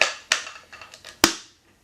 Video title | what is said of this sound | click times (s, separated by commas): Brewing a Full Batch with a Large HandyBrew | the filter snaps back in there | 0.3 s, 1.2 s